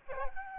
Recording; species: mosquito wingbeat signal from an infrared sensor; Aedes albopictus